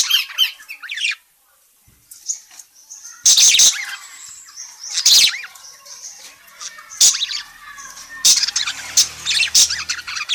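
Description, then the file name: Parakeet calls: scattered loud, sharp chirps and squeaks over soft background twittering, growing busier toward the end. Bird calling, described as gacor (very vocal, chatty). "suara burung parkit gacor memanggil"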